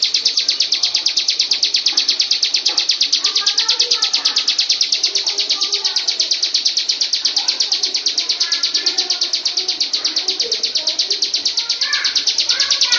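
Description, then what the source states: Lovebird ngekek song, an unbroken high buzzy trill of rapid rhythmic pulses held for the whole stretch, with faint lower chirps and twitters beneath. Long "ngekek" song (ngekek panjang) style.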